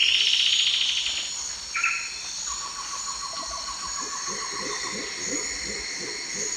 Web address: Natures Songs S America Eastern Lowlands Xiphorhynchus obsoletus, song